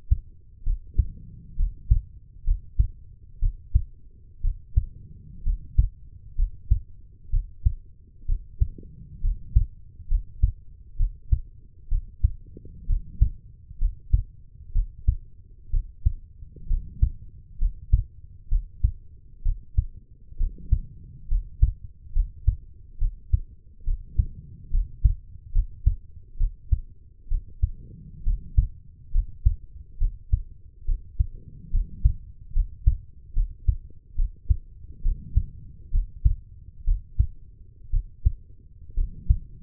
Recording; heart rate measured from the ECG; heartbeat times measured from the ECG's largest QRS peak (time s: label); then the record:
heart sounds by stethoscope; 66 bpm
0.63 s: heartbeat
1.56 s: heartbeat
2.44 s: heartbeat
3.39 s: heartbeat
4.41 s: heartbeat
5.43 s: heartbeat
6.35 s: heartbeat
7.30 s: heartbeat
8.25 s: heartbeat
9.21 s: heartbeat
10.08 s: heartbeat
10.96 s: heartbeat
11.88 s: heartbeat
12.86 s: heartbeat
13.78 s: heartbeat
14.72 s: heartbeat
15.70 s: heartbeat
16.67 s: heartbeat
17.58 s: heartbeat
18.48 s: heartbeat
19.42 s: heartbeat
20.37 s: heartbeat
21.28 s: heartbeat
22.12 s: heartbeat
22.98 s: heartbeat
23.84 s: heartbeat
24.70 s: heartbeat
25.52 s: heartbeat
26.37 s: heartbeat
27.28 s: heartbeat
28.23 s: heartbeat
29.11 s: heartbeat
29.98 s: heartbeat
30.85 s: heartbeat
31.70 s: heartbeat
32.53 s: heartbeat
33.33 s: heartbeat
34.15 s: heartbeat
35.02 s: heartbeat
35.91 s: heartbeat
36.84 s: heartbeat
37.90 s: heartbeat
38.94 s: heartbeat
From the record:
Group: healthy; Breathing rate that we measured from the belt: 16 breaths a minute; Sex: female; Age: 23 years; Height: 160 cm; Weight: 50.4 kg